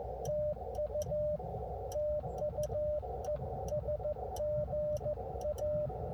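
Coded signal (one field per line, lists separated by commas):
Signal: Morse code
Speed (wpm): 14 wpm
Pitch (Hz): 600 Hz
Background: none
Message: TU TU ES GA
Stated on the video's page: Park activation from inside a car at a state park.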